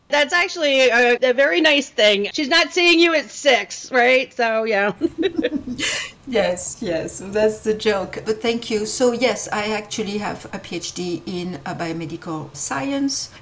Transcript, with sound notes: that’s actually a very nice thing, she’s not seeing you as six. Right. So, yeah. (laughs)
Yes, yes, that’s the joke. But thank you. So, yes, I actually have a PhD in biomedical science.